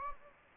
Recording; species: mosquito wingbeat signal from an infrared sensor; Anopheles gambiae